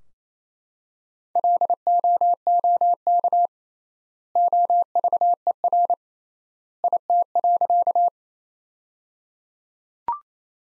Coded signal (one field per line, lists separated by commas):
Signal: Morse code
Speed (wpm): 28 wpm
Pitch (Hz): 700 Hz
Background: none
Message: LOOK OVER IT.